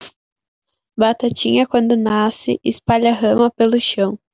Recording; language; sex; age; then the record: short text; Brazilian Portuguese; female; 18 to 19 years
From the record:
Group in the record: control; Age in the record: 19 years